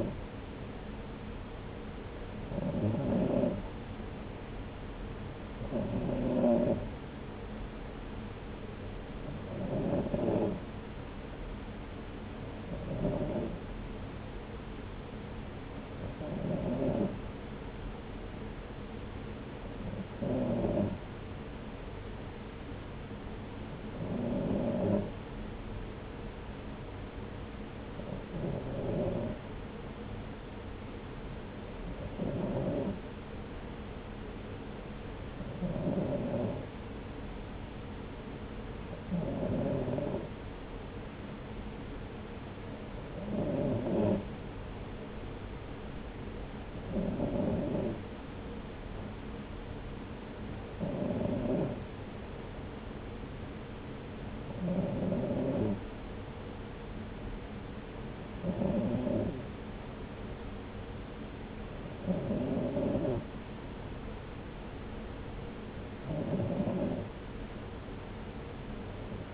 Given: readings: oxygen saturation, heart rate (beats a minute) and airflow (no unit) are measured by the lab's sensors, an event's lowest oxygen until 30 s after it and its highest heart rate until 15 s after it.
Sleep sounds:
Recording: breathing in sleep by a voice recorder at the bedside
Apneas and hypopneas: none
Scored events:
none scored
From the record:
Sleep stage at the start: N2 (light sleep)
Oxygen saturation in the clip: 93 to 94%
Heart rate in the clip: 64 to 69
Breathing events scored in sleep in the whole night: 303 in 8.1 hours asleep

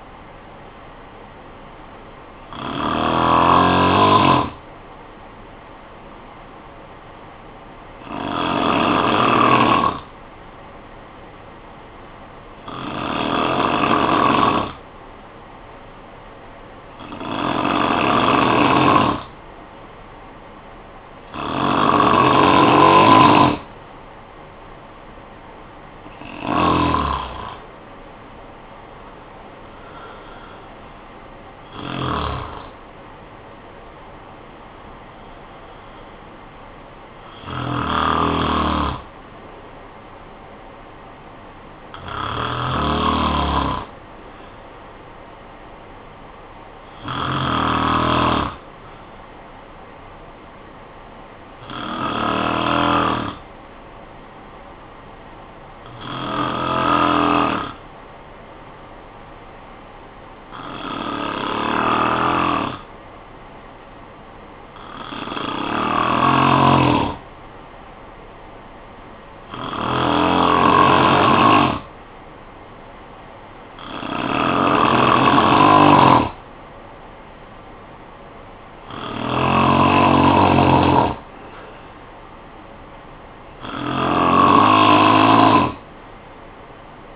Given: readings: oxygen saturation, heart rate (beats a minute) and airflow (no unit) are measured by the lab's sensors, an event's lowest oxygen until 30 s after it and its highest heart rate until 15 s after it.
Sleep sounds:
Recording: breathing in sleep by a voice recorder at the bedside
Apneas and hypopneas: 2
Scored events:
7.00-31.30 s: hypopnea (N1, oxygen 95% highest, then 89% lowest, heart rate 54 at the start, 69 highest)
12.00-42.00 s: new sleep stage, N2 (light sleep)
42.00-72.00 s: new sleep stage, N1 (lightest sleep)
57.00-77.00 s: hypopnea (N1, oxygen 96% highest, then 90% lowest, heart rate 51 at the start, 60 highest)
72.00-87.15 s: new sleep stage, N2 (light sleep)
From the record:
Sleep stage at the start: N1 (lightest sleep)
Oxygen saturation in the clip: 88 to 96%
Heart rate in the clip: 47 to 69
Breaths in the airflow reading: 18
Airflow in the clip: -10.1 to 7.9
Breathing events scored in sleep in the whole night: 445 in 7.6 hours asleep

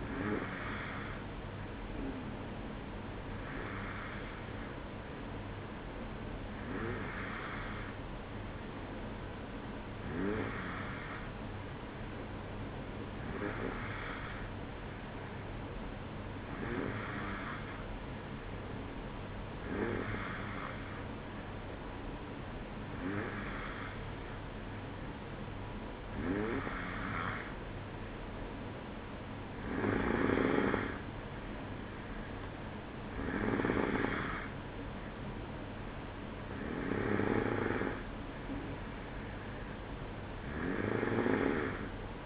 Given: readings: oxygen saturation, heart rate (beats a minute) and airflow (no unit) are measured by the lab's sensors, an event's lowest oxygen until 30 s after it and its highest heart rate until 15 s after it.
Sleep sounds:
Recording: breathing in sleep by a voice recorder at the bedside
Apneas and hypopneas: none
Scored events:
none scored
From the record:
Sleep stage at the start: N2 (light sleep)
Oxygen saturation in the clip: 92 to 93%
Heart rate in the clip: 54 to 58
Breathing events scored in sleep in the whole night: 305 in 9.6 hours asleep

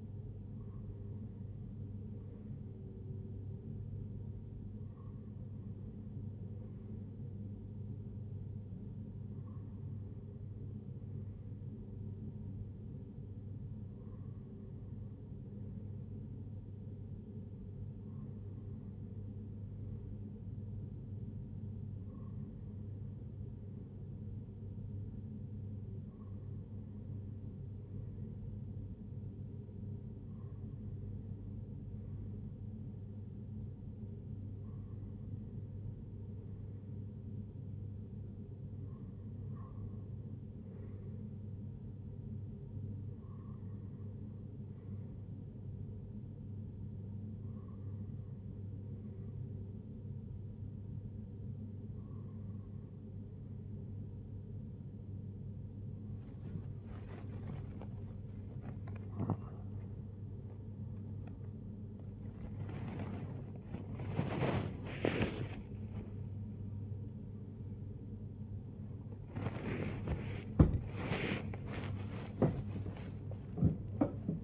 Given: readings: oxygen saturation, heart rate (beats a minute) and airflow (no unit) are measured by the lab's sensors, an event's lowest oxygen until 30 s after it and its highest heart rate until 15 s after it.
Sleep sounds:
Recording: breathing in sleep by a smartphone at the bedside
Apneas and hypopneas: none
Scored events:
16.00-46.00 s: new sleep stage, N2 (light sleep)
46.00-74.44 s: new sleep stage, awake
47.00-74.44 s: awake
From the record:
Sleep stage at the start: N3 (deep sleep)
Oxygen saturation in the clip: 95%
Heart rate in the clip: 51 to 88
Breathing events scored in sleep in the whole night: 35 in 6.9 hours asleep

